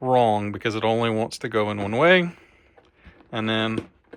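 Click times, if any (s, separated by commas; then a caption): none. A seat trim panel clip is being lined up with its holes on the seat frame of an S650 Mustang during a leather interior swap, while someone talks for most of the clip. Near the end, two faint, brief knocks are heard at about 4.0 and 4.1 seconds. Nothing has seated or clicked yet.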